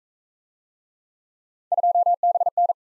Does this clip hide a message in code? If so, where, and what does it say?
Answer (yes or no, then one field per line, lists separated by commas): yes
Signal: Morse code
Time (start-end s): 1.7-2.7 s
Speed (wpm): 36 wpm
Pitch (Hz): 700 Hz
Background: none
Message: 2BN